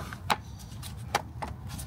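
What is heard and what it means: A plastic coolant fitting on the radiator of a BMW X5 is pushed in and pops into place with a short sharp click at 0.3 s, heard over a low, steady background rumble. A second, similar click follows at about 1.2 s. The fitting is seated, though the click was quieter and less satisfying than hoped.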